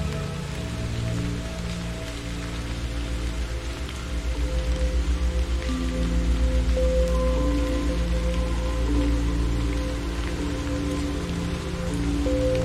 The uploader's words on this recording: Soothing Rain Meditation Music. Rain sounds combined with meditative music.